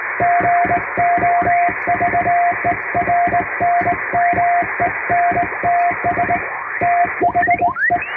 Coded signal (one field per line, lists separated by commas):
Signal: Morse code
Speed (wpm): 19 wpm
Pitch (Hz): 700 Hz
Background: music, radio noise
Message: GOVERNMENTS THE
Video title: 【実演！通信士がモールス符号を打つ】欧文ＣＷを縦振り電鍵ＨＫ－８０８で叩いてみました。生身のモールス信号で受信練習をしてみませんか(training for radio operator)